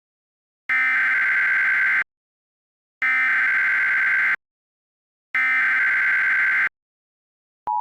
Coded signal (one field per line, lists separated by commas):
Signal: Emergency Alert System (SAME) tones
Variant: header bursts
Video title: EAS Scenario #21: The King of Destruction